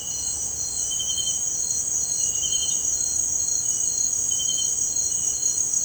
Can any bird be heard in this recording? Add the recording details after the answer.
no. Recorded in dense forest near Puerto Asís, Putumayo, Colombia, on 19 March 2025 at 18:00. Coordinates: 0.481, -76.323. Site G088